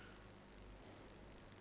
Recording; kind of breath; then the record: one breath in and out by a microphone near the nose and mouth; normal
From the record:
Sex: male